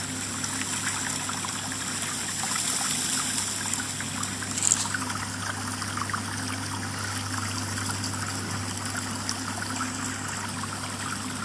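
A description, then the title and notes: Steady, dense rain patters and trickles throughout over a constant low hum, with one brief brighter splash or knock near the middle. Study with me on a rainy day. Study with me session with rain and NO music.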